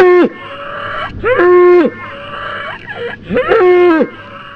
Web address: moose